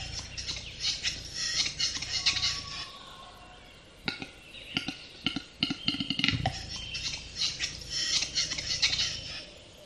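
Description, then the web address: Western capercaillie display, a run of dry knocking clicks quickening from about four seconds and ending in a soft pop, over a constant high chorus of small songbirds. Recorded close by. "ptitsa gluhar blizko"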